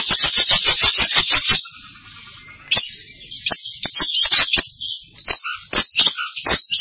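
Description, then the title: Bird giving fast buzzy chatter, a brief pause, then sharp clicking notes mixed with short whistled phrases, repeated in quick uneven bursts. "burung online"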